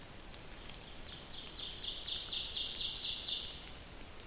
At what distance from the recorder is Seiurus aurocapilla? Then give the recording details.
about 50 m. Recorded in boreal forest in Alberta, Canada, on 28 May 2016 at 08:53. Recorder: SongMeter 3, array SBT-3-49. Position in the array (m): 107 m, 134 m. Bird 15